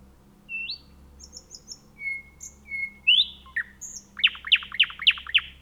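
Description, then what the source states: Thrush nightingale song of scattered high whistles and drawn-out piping notes, ending in a rapid run of five loud descending chock notes. Recorded on 3 June 2016.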